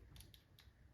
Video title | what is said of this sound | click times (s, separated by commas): Benelli M4 Review | then you're going to start to hear it click kind of like your gas cap on your car when you're closing that it's going to click click | 0.2 s, 0.3 s